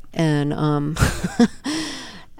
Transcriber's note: laughter